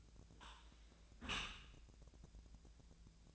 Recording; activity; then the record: daily activity, microphone in the room; close dishwasher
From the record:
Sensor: 2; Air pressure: 1000.3 hPa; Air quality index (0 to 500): 165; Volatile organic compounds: 3 ppm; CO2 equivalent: 1366 ppm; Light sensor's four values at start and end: 12/33/13/15 and 12/33/13/15